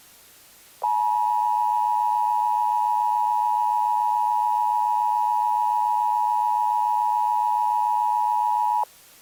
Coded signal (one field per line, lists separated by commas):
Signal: Emergency Alert System (SAME) tones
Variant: 853 and 960 Hz attention tone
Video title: The EAS Scenario: Tornado of the Severe Threats.